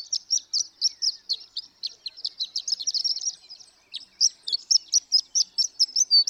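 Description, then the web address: Horned lark giving high, tinkling song notes, steady at first, then a fast jumbled twitter, a brief gap, and clearer spaced notes resuming toward the end. "birdsongforthecurious Horned Lark"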